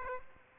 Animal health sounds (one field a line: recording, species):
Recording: mosquito wingbeat signal from an infrared sensor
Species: Aedes aegypti